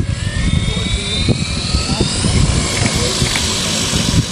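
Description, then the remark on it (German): A yellow DHL delivery drone, flown by a pilot from the Rhine bank in Bonn across the river in December 2013 to deliver medicines, gives a steady whirring rotor drone at a constant pitch, with high whining propeller tones drifting slightly over a rumbling, buzzy low end throughout. “Im Dezember 2013 sorgte DHL mit einer Drohne für Schlagzeilen.”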